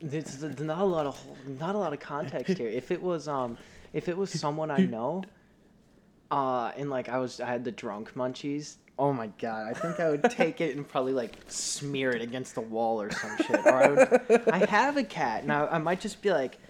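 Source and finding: Adult male speaker. Normal speech.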